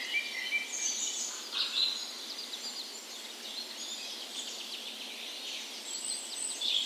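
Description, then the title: Overlapping birdsong at dawn, high sweet whistles and quick chirps from several singers, steady and continuous with a few clearer notes standing out. Spring dawn chorus in a park west in Bergen, Norway, on the morning of 17 May, Norway's National Day; recorded with a Sony PCM A10 and LOM Usi microphones as tree ears. "17th Of May Dawn Chorus"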